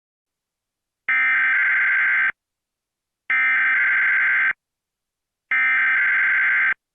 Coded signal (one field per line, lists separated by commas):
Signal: Emergency Alert System (SAME) tones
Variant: header bursts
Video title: EAS Scenario: Rodan Catastrophe in Mobius City